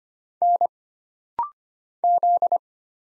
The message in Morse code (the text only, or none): N Z